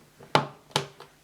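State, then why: Seated. An L-shaped plastic wall section from a Playmobil 5053 City Life Wedding Church set is pushed down onto the grey base plate. Two sharp clicks are heard at 0.4 s and 0.8 s, followed by a fainter tick near 1.0 s. The wall section clicks firmly into position on the base.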